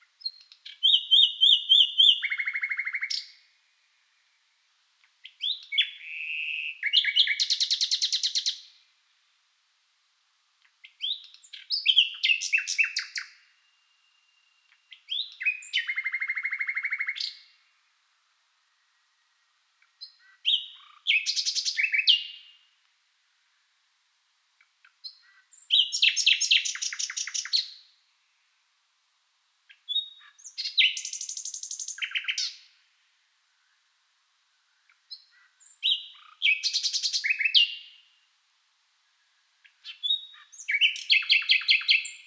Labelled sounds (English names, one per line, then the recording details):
Common Nightingale
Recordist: Frommolt, Karl-Heinz